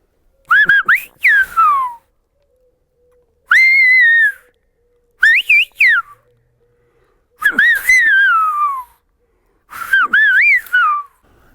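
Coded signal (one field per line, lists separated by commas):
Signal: whistled language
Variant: Silbo canario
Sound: five bursts of loud gliding whistles rising and falling, separated by silences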